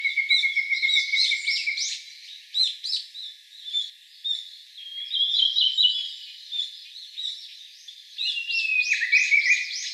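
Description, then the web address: Japanese bush warbler song: a long, steady whistled note opening the phrase, followed by busy high chirps and twitters, with another drawn-out whistle sliding downward near the end. "shun uguisu"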